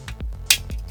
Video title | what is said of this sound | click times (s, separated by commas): RLC Ryu's NSX RECHARGABLE LIGHTS! | think that sounded like something clicked in place didn't it that's a bit disappointing | 0.5 s